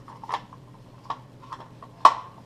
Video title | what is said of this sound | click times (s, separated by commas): Dodge Dart control disassembly PT2 | sure both sides click into place and | 2.1 s